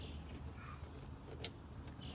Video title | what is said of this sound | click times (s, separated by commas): Tesla Model Y Legacy Trailer Hitch Install | Hear the click? | 1.4 s